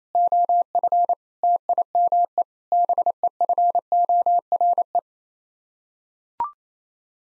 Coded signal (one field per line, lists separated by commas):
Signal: Morse code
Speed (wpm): 28 wpm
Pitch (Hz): 700 Hz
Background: none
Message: OF TIME BEFORE